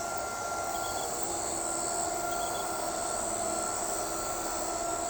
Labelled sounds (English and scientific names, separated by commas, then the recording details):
none
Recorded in shrubland near Pivijay, Magdalena, Colombia, on 14 April 2023 at 23:00
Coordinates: 10.453, -74.365
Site P5-G022